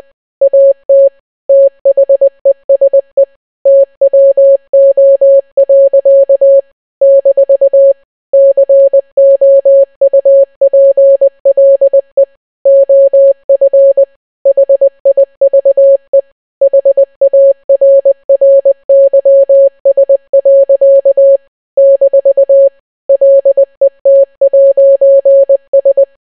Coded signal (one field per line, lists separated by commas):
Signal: Morse code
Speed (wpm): 20 wpm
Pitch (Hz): 550 Hz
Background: music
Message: AT THESE TWO. - COUPLE OF HIVE HARRYS. - LET'S